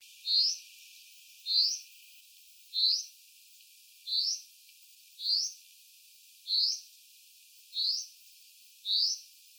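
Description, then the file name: Common chaffinch giving a rising, clipped single note, repeated eight times at a steady pace of about one per second and a bit, with little else audible. "Fringilla coelebs"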